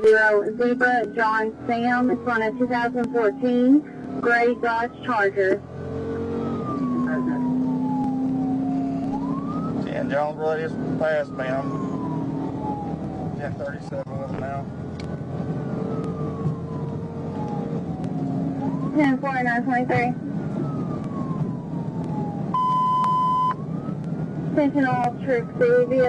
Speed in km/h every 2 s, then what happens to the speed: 84, 103, 111, 122, 134, 145, 156, 167, 175, 180, 187, 192, 196.
0-26 speeds up to 196.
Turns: none.